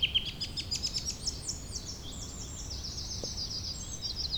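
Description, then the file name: Birdsong chorus of rapid, high, overlapping trills and chirps that runs throughout over a low background hiss. "beautiful Birdsong"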